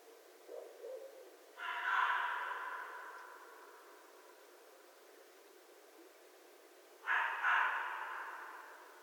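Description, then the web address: Red fox giving two harsh, hoarse screaming calls about five seconds apart, with faint short sounds before the first. 11 January 2012. "Red Fox 2012 01 11 Red Fox long"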